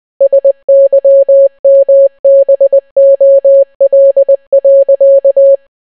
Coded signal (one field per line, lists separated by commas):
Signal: Morse code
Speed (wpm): 20 wpm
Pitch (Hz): 550 Hz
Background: none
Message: SYMBOL.